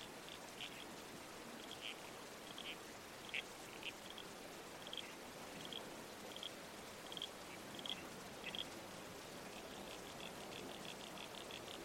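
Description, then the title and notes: Red-crowned toadlet calls, many short squelchy notes in irregular bursts, with running water in the background. Night soundscape in the bush with a babbling creek and trees swaying in the wind. "Red-Crowned Toadlet. Nocturnal Worlds"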